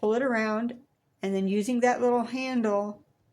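A Cutie Breeze carriage stop is wrapped under and around the rail of a tabletop quilting frame, ready to be pushed home by its small handle. Someone talks throughout, with a short pause near 1 second. Nothing has seated or clicked yet.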